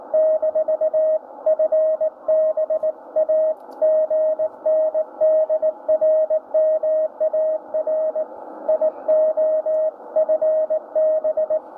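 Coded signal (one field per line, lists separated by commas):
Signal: Morse code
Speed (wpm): 18 wpm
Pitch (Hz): 630 Hz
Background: radio noise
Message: - FB A GN DR MARIO FB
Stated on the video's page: 60 metre CW received on a Tecsun S2200-x receiver with an end-fed antenna or internal loop.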